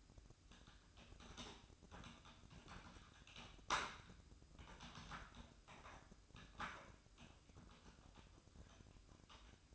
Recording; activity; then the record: daily activity, microphone in the room; typing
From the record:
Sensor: 2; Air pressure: 1007.5 hPa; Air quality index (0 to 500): 43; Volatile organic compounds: 1 ppm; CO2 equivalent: 549 ppm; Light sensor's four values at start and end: 10/23/9/10 and 9/23/9/10